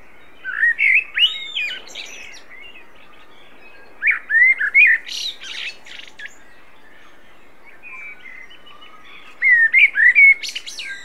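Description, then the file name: Common blackbird giving three separate song phrases with pauses between, each fluted and warbling with squeaky high notes. "Turdus merula"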